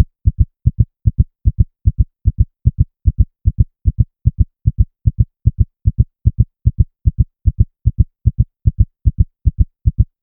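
Fast, steady paired low thumps, lub-dub, at 150 beats a minute with an even rhythm and no other sound: a rapid heartbeat, well above a resting rate.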